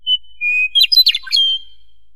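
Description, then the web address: Meadowlark song: two clear flute-like whistled notes, the second lower and longer, then a quick gurgling warble of jumbled notes ending in a brief whistle. Single song element. "prairie-meadowlark-song-element-1"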